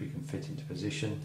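A Cat 7 patch cord plug is handled at a finished GG45 network jack while someone talks over a steady low hum. Nothing has seated or clicked yet.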